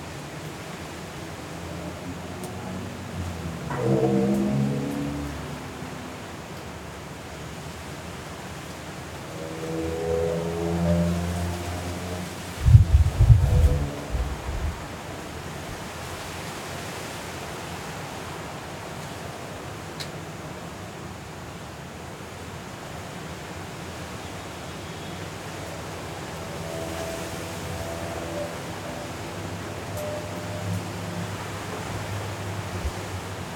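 Hurricane Kay at midnight in Los Cabos: a steady, dense roar of wind and rain runs through the whole recording. Low, wavering tones swell around 4 seconds, 11 seconds and again near 28 seconds, and a brief series of heavy thumps and knocks lands around 13 seconds.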